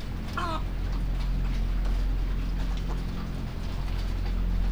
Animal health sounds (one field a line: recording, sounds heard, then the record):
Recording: poultry house recording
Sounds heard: sick chickens (respiratory disease)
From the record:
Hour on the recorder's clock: 3